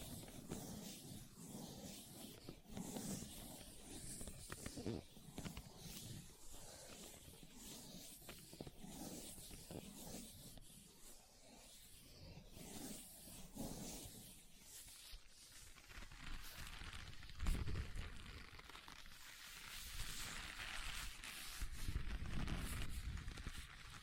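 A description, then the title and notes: Leather being tapped and scratched, a dense run of soft rubbing with quick taps scattered throughout. Low thumps and rustle swell around five seconds, again near seventeen, and toward the end, where one sharp tap stands out. ASMR Leather Tapping & Scratching Sounds (No Talking).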